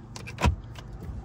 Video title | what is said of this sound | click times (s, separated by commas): 2020 Ford F-250 Lariat -Diesel | it locks into place | 0.2 s